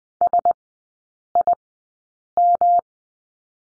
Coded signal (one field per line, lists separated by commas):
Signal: Morse code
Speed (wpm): 20 wpm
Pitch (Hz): 700 Hz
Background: none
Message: SIM